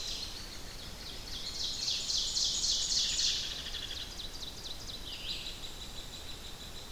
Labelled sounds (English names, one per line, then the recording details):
Ovenbird song
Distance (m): 45 m
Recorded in boreal forest in Alberta, Canada, on 10 June 2016 at 07:55
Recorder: SongMeter 3, array SBT-3-39
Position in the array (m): 217 m, 172 m
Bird 17